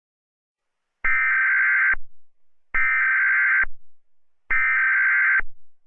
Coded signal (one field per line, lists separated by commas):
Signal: Emergency Alert System (SAME) tones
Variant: header bursts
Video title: EAS Scenario #49: Mickey Error 5: The Return Of Mickey Error: It All Ends My Friend!